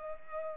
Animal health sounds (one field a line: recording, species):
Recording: mosquito wingbeat signal from an infrared sensor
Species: Culex pipiens